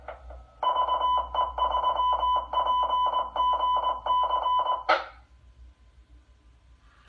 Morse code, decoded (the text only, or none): VE3PGC